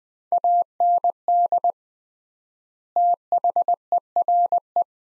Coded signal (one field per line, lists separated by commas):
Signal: Morse code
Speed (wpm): 21 wpm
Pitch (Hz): 700 Hz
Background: none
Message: AND THERE